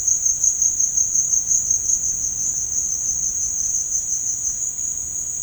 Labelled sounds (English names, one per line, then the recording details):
none
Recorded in dense forest near Puerto Asís, Putumayo, Colombia, on 27 June 2025 at 15:30
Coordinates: 0.481, -76.323
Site G072